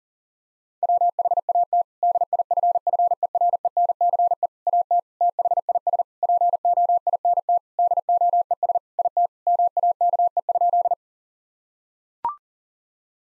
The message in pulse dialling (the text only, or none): none